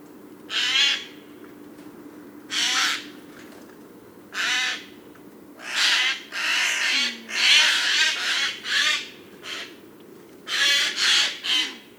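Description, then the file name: Eurasian Jay calling with harsh, tearing screeches repeated every two seconds or so, then more densely over the last six seconds, over quiet background hiss. "Garrulus glandarius"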